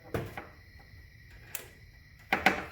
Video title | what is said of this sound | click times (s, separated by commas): Getting the Mustang ready for the dyno!! | snaps into place | 2.3 s, 2.5 s